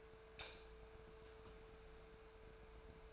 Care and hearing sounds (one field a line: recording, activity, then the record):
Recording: daily activity, microphone in the room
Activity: light on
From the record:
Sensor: 2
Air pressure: 1014.6 hPa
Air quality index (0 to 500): 186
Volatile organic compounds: 14 ppm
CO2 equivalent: 2467 ppm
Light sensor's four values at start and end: 28/69/30/33 and 33/87/37/40